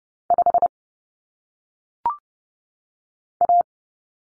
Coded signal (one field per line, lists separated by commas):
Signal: Morse code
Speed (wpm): 30 wpm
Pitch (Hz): 700 Hz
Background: none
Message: 5 A